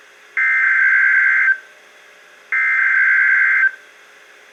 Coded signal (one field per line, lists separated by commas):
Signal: Emergency Alert System (SAME) tones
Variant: header bursts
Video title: Severe Thunderstorm Watch #386 (EAS #2,155-2,157) - June 15, 2019